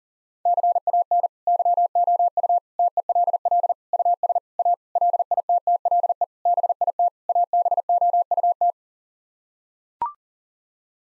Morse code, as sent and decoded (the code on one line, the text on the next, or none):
-.-. .- -. / -.-- --- ..- / - . .-.. .-.. / ..- ... / .- / .-.. .. - - .-.. . / -... .. - / .- -... --- ..- -
CAN YOU TELL US A LITTLE BIT ABOUT